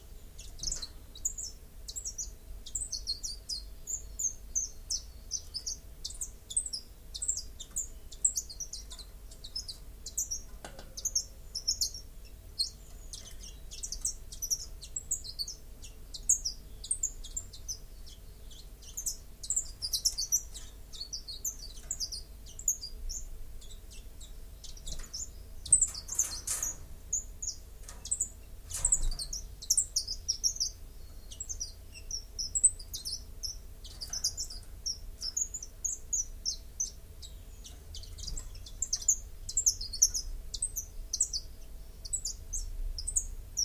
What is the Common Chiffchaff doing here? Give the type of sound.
song